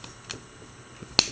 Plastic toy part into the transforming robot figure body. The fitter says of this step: There we go. They should actually clip in. There we go.